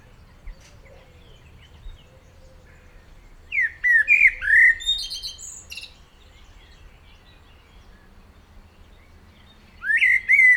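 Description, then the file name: Common blackbird song: a mellow warbled phrase with high twittering at its end, then a long quiet gap before another phrase begins, with soft low background noise. "Turdus merula"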